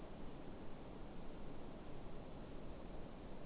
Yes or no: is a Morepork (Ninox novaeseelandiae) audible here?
no